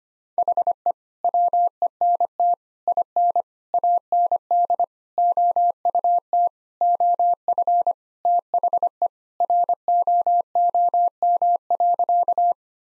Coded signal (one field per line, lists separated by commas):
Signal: Morse code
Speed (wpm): 25 wpm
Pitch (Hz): 700 Hz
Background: none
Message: HE WENT IN AND OUT OF THE ROOM.